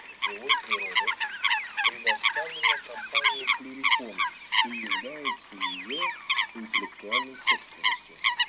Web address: Лысуха Folaga